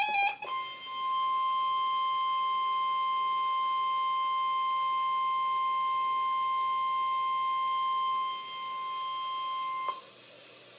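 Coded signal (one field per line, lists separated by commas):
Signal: Emergency Alert System (SAME) tones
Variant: 1050 Hz attention tone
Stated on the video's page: Special Marine Warning broadcast on NOAA Weather Radio station KIH28, Sterling VA forecast office.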